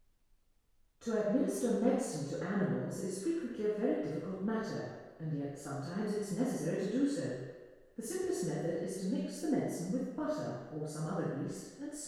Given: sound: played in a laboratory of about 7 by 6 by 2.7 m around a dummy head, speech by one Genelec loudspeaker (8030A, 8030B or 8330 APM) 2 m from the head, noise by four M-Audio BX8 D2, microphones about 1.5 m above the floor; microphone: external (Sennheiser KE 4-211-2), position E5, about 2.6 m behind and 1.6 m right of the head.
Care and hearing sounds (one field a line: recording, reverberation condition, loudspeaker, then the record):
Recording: female speech in English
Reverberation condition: high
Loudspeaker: 150 degrees to the right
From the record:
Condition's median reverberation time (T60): about 1300 ms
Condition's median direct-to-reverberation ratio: about -4.0 dB